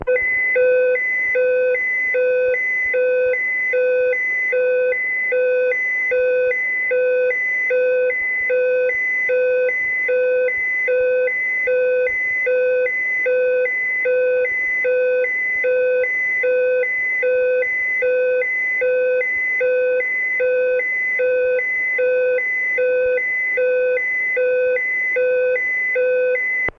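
A space station warning alarm repeats steadily, a rapid train of identical tones pulsing about twice a second for the whole stretch. The tones are clear and piercing, with a strong middle pitch and brighter overtones above it, over a faint low hiss.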